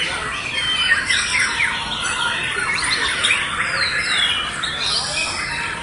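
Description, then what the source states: White-rumped shama song, a dense run of bright whistled sweeps and squawky notes. Wild bird in forest; original natural song.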